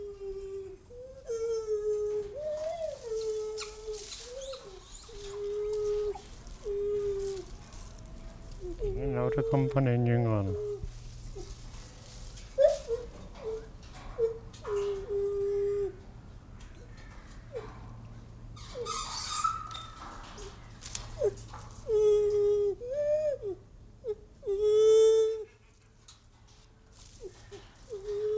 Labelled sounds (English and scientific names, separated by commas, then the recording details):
Lar Gibbon (Hylobates lar) call
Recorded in captivity
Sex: group
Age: diverse
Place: Tiergarten Nürnberg, Bayern, DE
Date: 1995-09-07 18:41
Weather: bedeckt, 23°C
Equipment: Nagra SN, Sennheiser ME 80, Kopie Uher 4000 Report Monitor
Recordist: Tembrock, Günter
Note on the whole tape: Weibchen, Männchen und zwei Nachkommen (Männchen) unterschiedlich alt (subadult) von hinten herangetreten, durch bekannte Person (Sylvia Wendland) zur Lautgebung aktiviert. Längere Strecke. Entf. 50cm - 2m. Teil 2